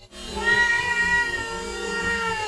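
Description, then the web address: Domestic cat giving one long, drawn-out wailing meow that holds a steady pitch for over two seconds. Described as sounding like 'wa-u-n'. "neco cats wa~u~n"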